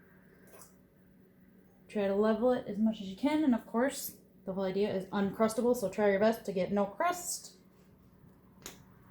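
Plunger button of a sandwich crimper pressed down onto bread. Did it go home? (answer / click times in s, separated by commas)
yes / 8.7 s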